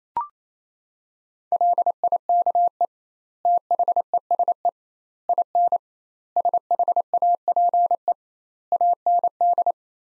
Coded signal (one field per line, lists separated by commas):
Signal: Morse code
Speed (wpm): 27 wpm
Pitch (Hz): 700 Hz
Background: none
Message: LIKE THESE IN SHAPE AND